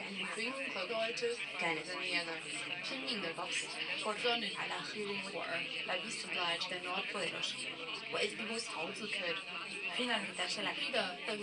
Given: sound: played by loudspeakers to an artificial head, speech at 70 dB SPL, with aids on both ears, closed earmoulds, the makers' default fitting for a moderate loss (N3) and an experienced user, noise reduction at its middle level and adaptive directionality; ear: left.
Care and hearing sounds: speech test signal (ISTS) in cocktail-party noise; +6 dB; on the right (90 degrees)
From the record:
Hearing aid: class 2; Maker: I

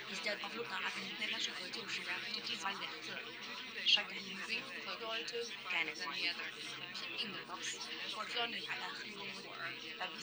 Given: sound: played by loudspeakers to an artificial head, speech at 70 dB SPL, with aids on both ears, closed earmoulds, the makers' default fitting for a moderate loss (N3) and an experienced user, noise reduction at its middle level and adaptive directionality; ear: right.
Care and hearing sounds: speech test signal (ISTS) in cocktail-party noise; -6 dB; on the right (90 degrees)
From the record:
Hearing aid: class 2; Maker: F

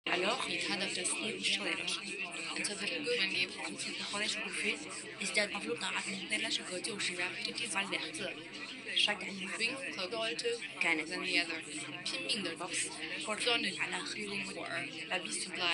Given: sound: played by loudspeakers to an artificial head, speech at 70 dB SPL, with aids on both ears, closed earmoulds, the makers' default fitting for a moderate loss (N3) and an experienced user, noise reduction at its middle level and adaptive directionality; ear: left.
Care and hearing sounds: speech test signal (ISTS) in cocktail-party noise; -3 dB; in front (0 degrees)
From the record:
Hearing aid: class 2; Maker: C

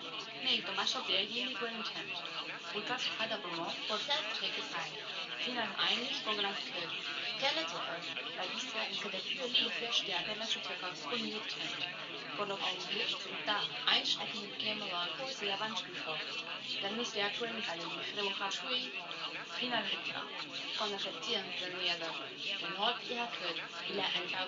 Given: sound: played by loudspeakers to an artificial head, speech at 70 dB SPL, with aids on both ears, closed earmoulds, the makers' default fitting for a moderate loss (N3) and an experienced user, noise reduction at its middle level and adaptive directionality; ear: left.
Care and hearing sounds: speech test signal (ISTS) in cocktail-party noise; +3 dB; on the right (90 degrees)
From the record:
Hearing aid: class 1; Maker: G

